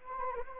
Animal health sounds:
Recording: mosquito wingbeat signal from an infrared sensor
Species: Anopheles gambiae

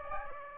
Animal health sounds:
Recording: mosquito wingbeat signal from an infrared sensor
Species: Aedes aegypti

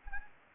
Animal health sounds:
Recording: mosquito wingbeat signal from an infrared sensor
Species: Anopheles gambiae

